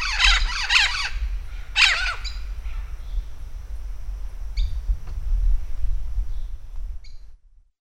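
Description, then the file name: Vinaceous-breasted amazon giving harsh, squealing parrot calls in a quick burst early on, one more loud call near two seconds, then faint notes over low rumble. Recorded at Campos do Jordão, São Paulo state, Brazil, on 3-12-09. "Amazona-vinacea-PECampos-do-Jordao SP-Brazil"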